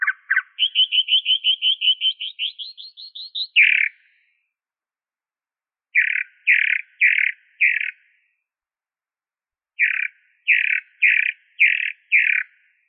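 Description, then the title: Bird song: a fast trill rising slightly in pitch, then pauses broken by bursts of four or five buzzy, chunky notes. "LuckyPassaros CompletosSama"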